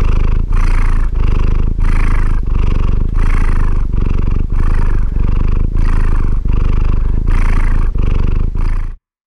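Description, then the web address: Cat purr, low and rumbling, rising and falling in regular breathing cycles a little under a second apart, ending abruptly near the close. "Ian Hubball Cat Purr"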